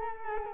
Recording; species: mosquito wingbeat signal from an infrared sensor; Culex quinquefasciatus